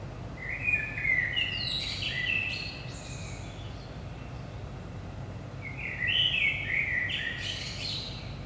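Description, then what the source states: Common blackbird singing two mellow fluted phrases, each ending in higher squeaky twitters, separated by a pause of a few seconds, over a steady low rumble. Recorded in Saint-Gilles, Belgium, early morning at 5 am; DPA 4060 microphones in AB position into a Zoom F3 recorder.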